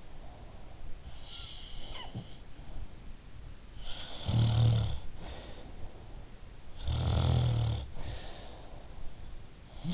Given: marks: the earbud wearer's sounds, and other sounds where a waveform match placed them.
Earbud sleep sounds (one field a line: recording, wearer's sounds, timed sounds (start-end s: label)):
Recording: sounds in sleep by an in-ear microphone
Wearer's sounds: breath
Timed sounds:
0.00-1.80 s: breath
1.07-3.03 s: sound from someone else or the room
3.69-6.00 s: sound from someone else or the room
6.75-9.06 s: sound from someone else or the room